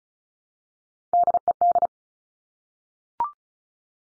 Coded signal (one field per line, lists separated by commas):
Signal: Morse code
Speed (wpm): 36 wpm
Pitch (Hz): 700 Hz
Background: none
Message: DED